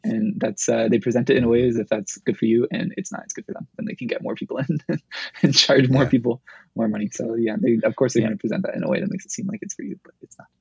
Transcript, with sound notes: And that's, they present it in ways if that's good for you, and it's not as good to them, then they can get more people in (laugh) and charge more people more money. So yeah, of course, they have to present that in a way that makes it seem like it's for you, but it's not.